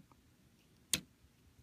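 The modified plastic forearm panel of a Transformers: Robots in Disguise Optimus Prime toy is flipped forward into the arm until it reaches the end of its travel. A faint tick at 0.1 s comes before one sharp, bright click at 0.9 s. The panel clicks into place on its own rather than from pushing pressure, and is seated.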